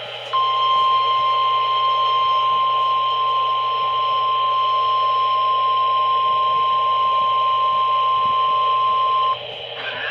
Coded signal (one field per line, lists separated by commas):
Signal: Emergency Alert System (SAME) tones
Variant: 1050 Hz attention tone